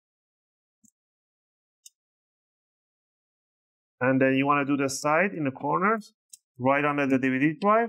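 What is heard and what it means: A guitar pick wedged 2–3 mm between the palm rest and the plastic bottom cover of a Lenovo Ideapad 330 15AST (Model 81D6) laptop is twisted, and the bottom cover's snap clips pop open with two sharp clicks at 0.9 s and 1.9 s. The clips release as intended, and from about 4 s someone talks.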